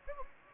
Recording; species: mosquito wingbeat signal from an infrared sensor; Anopheles gambiae